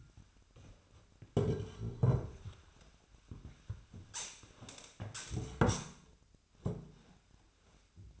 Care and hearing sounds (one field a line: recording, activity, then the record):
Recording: daily activity, microphone in the room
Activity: sit down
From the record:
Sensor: 2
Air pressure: 1007.6 hPa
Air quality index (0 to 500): 180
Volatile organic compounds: 10 ppm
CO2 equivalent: 2217 ppm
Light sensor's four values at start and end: 10/23/9/10 and 10/23/9/10